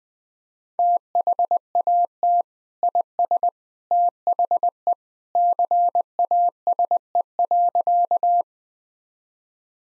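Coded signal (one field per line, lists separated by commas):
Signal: Morse code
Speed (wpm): 20 wpm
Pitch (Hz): 700 Hz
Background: none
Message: THAT IS THE CASE.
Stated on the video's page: Morse sentence practice at 20 wpm; each sentence sent, spoken, then sent again.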